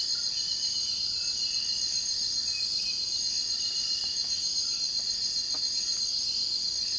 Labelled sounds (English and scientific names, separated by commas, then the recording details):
none
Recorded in dense forest near Puerto Asís, Putumayo, Colombia, on 19 February 2024 at 04:30
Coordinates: 0.481, -76.318
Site G6421